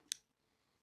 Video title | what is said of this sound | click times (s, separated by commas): Dejing Action 3 Full Review you never know | I have to make sure it clicks I am impressed and | 0.1 s